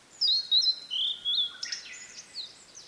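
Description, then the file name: Blue-and-white flycatcher song, several pure whistled notes followed by a scratchy, buzzy flourish. "oruri"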